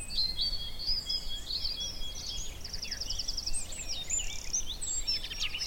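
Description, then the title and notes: Garden warbler song, an unbroken rapid warbling of sweet notes and short buzzy trills, continuing without pause over low background noise. Male, migrant; spring, scrubby hillside as hawthorns burst into white bloom; fluted, frenetic song. "Sound escape: be enchanted by the little-known song of the garden warbler. a male garden warbler into his fluted song. Recorded by Fergus Collins, presented by Hannah Tribe"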